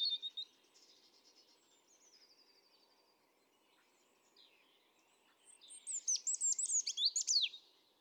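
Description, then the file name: European robin singing: a brief high note and faint thin trills over a low steady hum, then a loud burst of rapid sharp high twittering notes. Recorded 31 July 2017. "Erithacus rubecula 310717"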